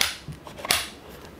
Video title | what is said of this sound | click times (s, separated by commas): DJI Matrice 30 Comprehensive Review and Comparison | and they can put them back in and you'll hear a positive click | 0.0 s, 0.7 s